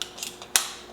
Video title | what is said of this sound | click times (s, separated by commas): But Does It Clean? | locks into place pretty sturdy | 0.6 s